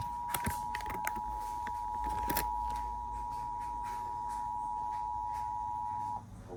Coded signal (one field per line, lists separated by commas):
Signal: Emergency Alert System (SAME) tones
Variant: 853 and 960 Hz attention tone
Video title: [RARE] Law Enforcement Warning for the Big Island! (EAS #154)